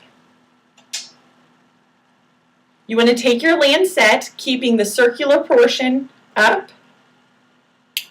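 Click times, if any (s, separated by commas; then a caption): 8.0 s. Someone talks while a plastic lancet is pushed into the holder of a lancing device. The lancet clicks home with one sharp, loud, short hit at 8.0 s, seated.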